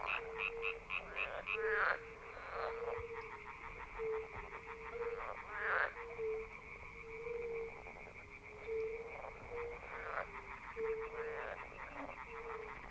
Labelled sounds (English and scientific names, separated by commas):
Fire-Bellied Toad (Bombina bombina) call